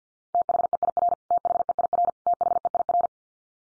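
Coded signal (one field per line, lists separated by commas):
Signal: Morse code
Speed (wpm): 50 wpm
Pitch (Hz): 700 Hz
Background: none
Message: THEIR THEIR THEIR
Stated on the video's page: Morse head-copy drill of the 100 most common English words at 50 wpm, each word sent three times, then spoken, then sent again.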